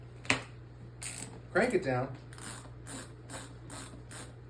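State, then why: Seated. With a foot in the snowboard boot, the plastic lacing dial is pushed down and gives a sharp click at 0.3 s as it seats into its engaged position. Someone talks, then a series of short, evenly spaced ratcheting clicks follows as the dial is cranked to tighten the boot.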